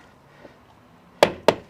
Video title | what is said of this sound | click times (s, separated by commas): How to Replace the Interior Door Handle on a 2016 Nissan Rogue - Easy DIY Guide | then you can hear it pop loose | 1.2 s, 1.5 s